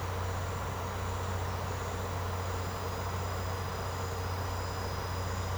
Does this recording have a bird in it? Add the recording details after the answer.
no. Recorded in secondary vegetation near Puerto Asís, Putumayo, Colombia, on 21 March 2025 at 10:00. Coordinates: 0.468, -76.324. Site G059